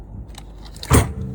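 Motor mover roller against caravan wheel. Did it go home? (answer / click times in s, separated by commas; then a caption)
yes / 0.8 s. The engagement lever of a motor mover on a 2016 Xplore 586 caravan is pushed over so its metal roller drives against the tyre, with a few faint metallic ticks as it moves. A big, loud clunk lands at 0.8 s, showing the mover is engaged against the wheel.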